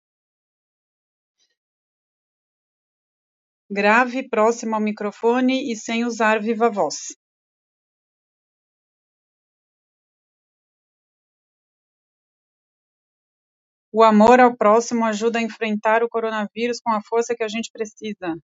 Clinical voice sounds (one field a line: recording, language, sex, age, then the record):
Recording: spoken sentence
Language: Brazilian Portuguese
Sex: female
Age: 40 to 49 years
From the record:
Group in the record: control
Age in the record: 42 years